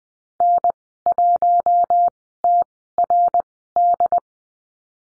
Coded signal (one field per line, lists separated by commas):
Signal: Morse code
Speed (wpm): 20 wpm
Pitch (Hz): 700 Hz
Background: none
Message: N1TRD